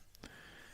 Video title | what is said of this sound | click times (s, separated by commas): HobbyBoss M1070 & M1000 Heavy Equipment Transporter – Full Build Part 18 – Continuing the Trailer | so it clicks into place | 0.1 s, 0.3 s